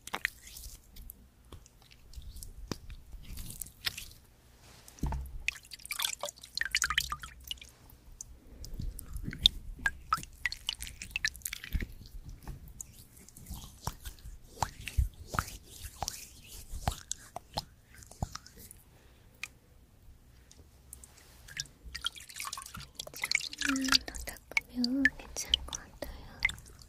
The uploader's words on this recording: ASMR First Person Skin care Room (Korean) (ASMR …). This Asmr has a lot of creamy products, and a lot of massages.